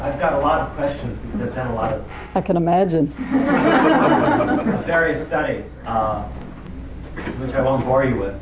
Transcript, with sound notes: I’ve got a lot of questions, because I’ve done a lot of…
I can imagine. [laughter]
…various studies, which I won’t bore you with.